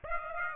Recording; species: mosquito wingbeat signal from an infrared sensor; Aedes aegypti